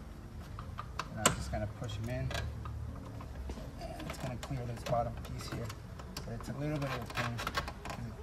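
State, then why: Not seated. A plastic retaining clip on the bottom of a dash bezel trim piece is pushed in by hand into the dash trim panel of a 1988–1994 Chevy Silverado 2500 during a radio upgrade. Someone talks over faint clicks and handling taps. The clip has not snapped into place yet; nothing has seated.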